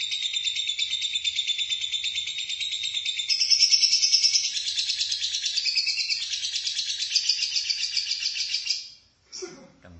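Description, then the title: Lovebird trilling song, a rapid, unbroken chatter of high buzzy notes that rises in pitch partway through, then ends abruptly with a short rustle. "BM Suara Burung Lovebird"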